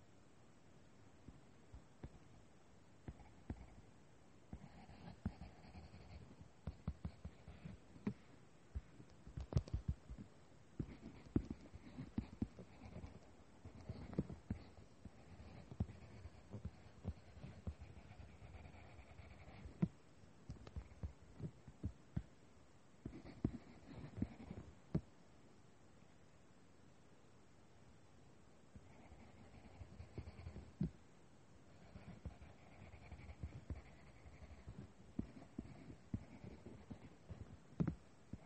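Drawing and writing on paper, with bursts of scratchy strokes and soft taps coming in quick, uneven clusters. The activity pauses briefly a few times, notably around 20 and 26 seconds, then resumes with the same dense, low thudding scratches.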